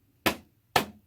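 A PC part is pushed by hand onto its mount in the case, logo side facing down. Two sharp, loud clicks ring out at 0.3 and 0.8 seconds. Only two clicks are heard, but the part is seated, with all four clips believed engaged.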